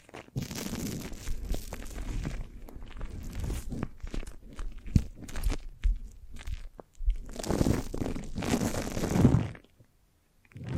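A foamy, sticky brain massage of squishing, crackling and tearing sounds that come in dense, uneven bursts. The texture is thick and crunchy, with sharp snaps scattered through it. It goes briefly quiet near seven seconds and again toward the end.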